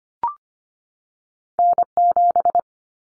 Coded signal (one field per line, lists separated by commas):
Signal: Morse code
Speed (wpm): 25 wpm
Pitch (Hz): 700 Hz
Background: none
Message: N7